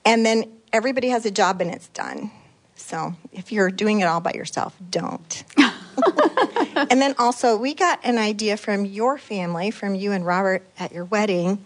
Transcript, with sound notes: and everybody has a job, and it’s done. So, if you’re doing it all by yourself, don’t. (laughter) And then, also, we got an idea from your family, from you and Robert, at your wedding,